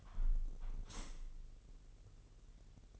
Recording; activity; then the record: daily activity, microphone in the room; close window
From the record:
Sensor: 4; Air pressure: 996.5 hPa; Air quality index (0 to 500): 85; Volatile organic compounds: 4 ppm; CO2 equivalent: 1624 ppm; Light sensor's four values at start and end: 19/53/20/22 and 19/53/20/22